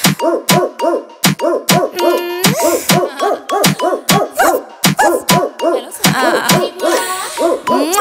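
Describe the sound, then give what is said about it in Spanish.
A small female dog barks and howls in a rapid run of short, high-pitched, rising-and-falling yips, steady and loud over about eight seconds, punctuated by sharp clicking taps. “¡Ay, qué perrita!”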